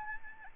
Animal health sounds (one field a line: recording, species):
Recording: mosquito wingbeat signal from an infrared sensor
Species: Aedes albopictus